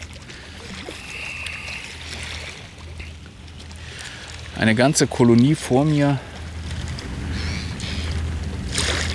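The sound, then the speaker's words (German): A steady, low engine drone from a ship on the horizon hums beneath splashing waves gliding past a stone groyne throughout, and a voice speaks briefly in the middle. “Ich könnte jetzt das andere Mikrofon draufschrauben, aber mich nervt dann trotzdem dieses Schiff am Horizont und überall diese Motorengeräusche.”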